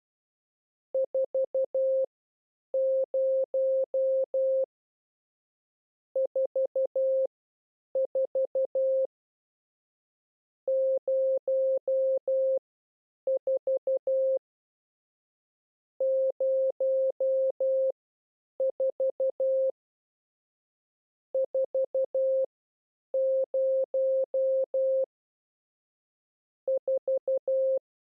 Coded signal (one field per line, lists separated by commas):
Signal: Morse code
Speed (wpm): 12 wpm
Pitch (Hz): 530 Hz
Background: none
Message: 4 0 4 4 0 4 0 4 4 0 4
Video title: How to Learn CW / Video #9 Group 2 / Characters 4 0